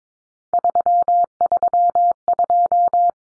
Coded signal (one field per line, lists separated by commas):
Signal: Morse code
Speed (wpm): 22 wpm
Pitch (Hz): 700 Hz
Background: none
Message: 332